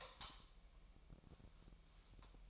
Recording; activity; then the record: daily activity, microphone in the room; light off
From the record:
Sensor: 1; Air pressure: 1001.9 hPa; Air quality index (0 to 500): 246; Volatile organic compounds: 50 ppm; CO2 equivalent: 3300 ppm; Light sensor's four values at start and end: 14/44/18/18 and 5/11/4/5